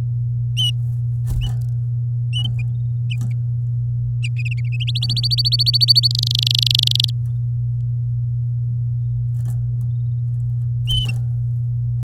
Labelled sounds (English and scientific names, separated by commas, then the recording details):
Domestic Canary (Serinus canaria) song
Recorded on 11 May 2018 at 09:43
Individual llb16